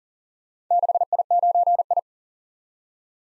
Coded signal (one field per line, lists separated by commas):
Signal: Morse code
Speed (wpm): 40 wpm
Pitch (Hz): 700 Hz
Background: none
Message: 6I9I